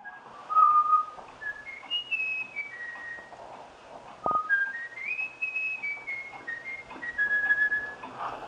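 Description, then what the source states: Eurasian Bullfinch whistling a learned tune of clear, pure notes stepping up and down in pitch, with short pauses and one brief click midway. Bullfinch whistling a folk melody learned from a human, taught by a researcher through regular whistling.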